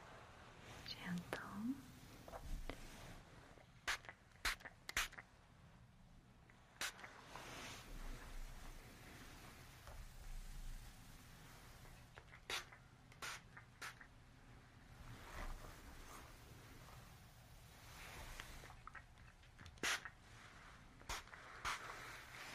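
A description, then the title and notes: A haircut, with crisp scissor snips arriving in short bursts, around the four- to seven-second mark, again near thirteen seconds and near twenty. Softer brushing and rustling of hair fill the gaps over a low, steady hum. Haircut and Curling.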